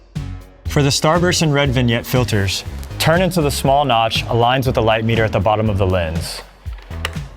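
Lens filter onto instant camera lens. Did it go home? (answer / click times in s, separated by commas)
yes / 7.1 s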